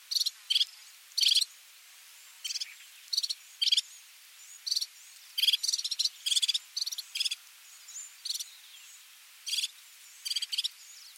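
Fire-fronted serin uttering brief, sharp trilled chirps in scattered groups of two or three, with quiet pauses and faint thin notes behind.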